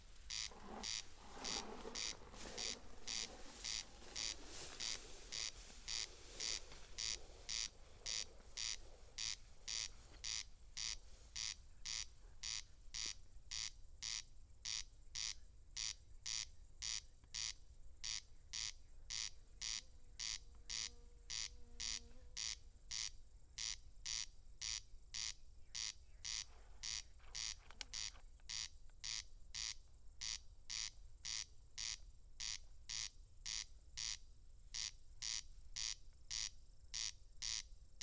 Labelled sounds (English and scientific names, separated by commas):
Corn Crake (Crex crex) song